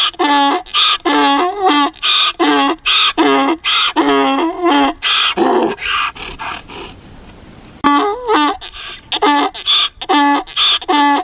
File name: Asino (Equus asinus)